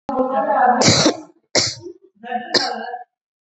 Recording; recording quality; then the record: shallow voluntary cough; excellent, no background noise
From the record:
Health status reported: COVID-19 positive, mild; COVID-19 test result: positive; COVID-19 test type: RT-PCR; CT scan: not taken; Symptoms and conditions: cough, cold, sore throat, fatigue, muscle pain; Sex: female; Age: 28 years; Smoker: no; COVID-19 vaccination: none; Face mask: worn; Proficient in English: yes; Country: India